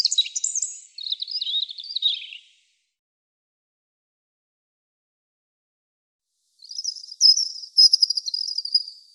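European robin song: two high, thin phrases of rapid twittering notes and trills, one at the start and another after a four-second pause, on a silent background.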